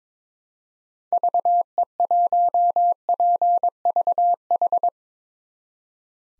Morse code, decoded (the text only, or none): VE1PVH